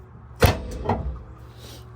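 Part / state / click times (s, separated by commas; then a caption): weight distribution spring bar into hitch head socket / seated / 0.9 s. A weight distribution spring bar on a Reese weight distribution hitch is held and slammed up so its curved end goes into the hitch head socket. A loud burst around 0.4 s is followed by a single metallic bang at 0.9 s as the bar locks in place. The spring bar is confirmed seated and locked.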